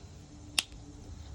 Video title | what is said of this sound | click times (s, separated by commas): Pumpkin guided drawing | when you hear it snap you know that your marker is going to be good the next time you use it because it'll be | 0.6 s